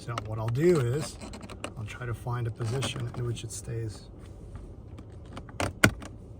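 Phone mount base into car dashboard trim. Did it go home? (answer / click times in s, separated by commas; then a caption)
yes / 5.6 s, 5.8 s. Someone talks while an OFFROAM phone mount base for a 2014–2019 Toyota Highlander is repositioned against the car's dashboard trim, because it first left a gap against the dash. After a few faint taps, it is pressed in and snaps home with sharp clicks at 5.6 s and 5.8 s. The mount is seated and the gap closes.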